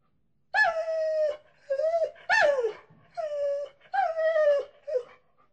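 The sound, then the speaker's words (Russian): A dog whines and howls in six drawn-out, high-pitched bursts with short gaps between them, the tone wavering and sliding downward at the ends. No one speaks. “Фу! Пошла отсюда! Сидеть, я сказал! Вот так! Псина!”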